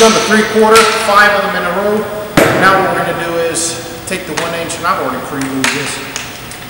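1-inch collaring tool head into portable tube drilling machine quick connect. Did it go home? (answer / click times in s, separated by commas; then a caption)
yes / 6.2 s. A pre-lubricated 1-inch collaring tool head is fitted into the quick connect of a portable battery tube-drilling tool while someone talks. A short, sharp tap is heard at 6.2 s as the head locks in place.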